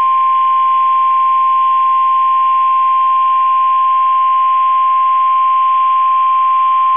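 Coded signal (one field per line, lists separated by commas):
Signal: Emergency Alert System (SAME) tones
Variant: 1050 Hz attention tone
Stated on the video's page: Required weekly test broadcast by weather radio station KIG86 in Columbus, Ohio.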